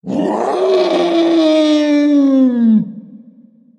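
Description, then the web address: Wolf howl: a single long, smooth tonal howl rising briefly then held and slowly falling for nearly three seconds, ending in a soft fading tail. "lobo"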